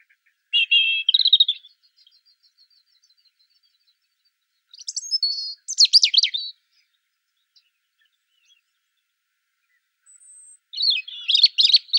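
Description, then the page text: European robin song, three separate high phrases of trills, sharp thin notes and warbling, with long pauses between them on a quiet background. "Птицы-целители - Зарянка (Erithacus rubecula)"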